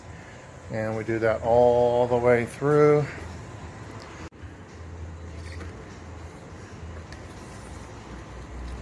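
A backup camera wire's rubber grommet and wire head are handled as they are pushed toward their mounting hole in the body of a 2013 Chevy Cruze. Someone talks from about 0.7 to 3.1 s, then a low steady hum continues with a faint short tap near 7.1 s. Nothing has seated or clicked into place yet.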